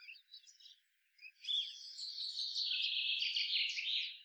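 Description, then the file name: Common blackbird giving a harsh, dense chattering run that lasts nearly three seconds after a few short high chirps. "Turdus merula"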